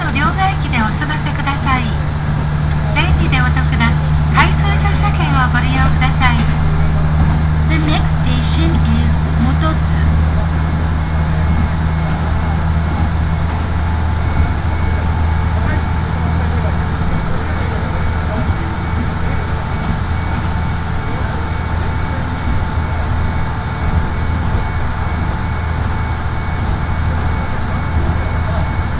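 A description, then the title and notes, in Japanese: A ride on the Tarumi Railway from Morera Gifu toward Tarumi, with a steady low engine drone and hum throughout. In the first ten seconds an announcement voice and a few sharp clicks sit over the rumble. After that the running noise continues evenly. 樽見鉄道 モレラ岐阜→樽見。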